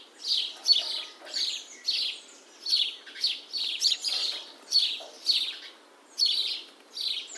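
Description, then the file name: House sparrow chirping, a steady run of harsh chirps repeated in quick succession with brief gaps between them. "Passer domesticus"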